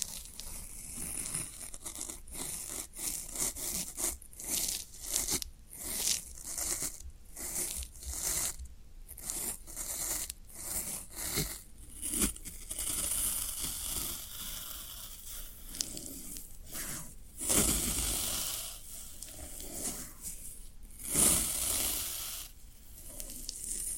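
Floral foam is squeezed and crushed in rapid, crackly bursts of crisp, bright crunching, with brief pauses and a sharper crunch around twenty-one seconds.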